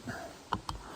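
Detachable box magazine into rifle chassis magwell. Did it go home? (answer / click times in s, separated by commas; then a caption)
yes / 0.5 s. A .308 MDT detachable box magazine is pushed up into the magwell of an MDT XRS chassis on a Tikka Roughtech Ember .243 rifle. It gives a sharp click at 0.5 s as it latches and seats, followed by two quieter short clicks at about 0.7 s and 1.0 s against faint background noise.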